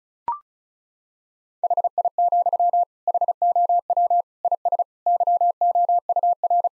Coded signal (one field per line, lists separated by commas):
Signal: Morse code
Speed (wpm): 34 wpm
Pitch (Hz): 700 Hz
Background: none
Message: HI, HOW IS YOUR